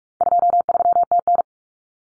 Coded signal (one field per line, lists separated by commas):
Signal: Morse code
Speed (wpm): 44 wpm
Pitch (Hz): 700 Hz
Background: none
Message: 23TN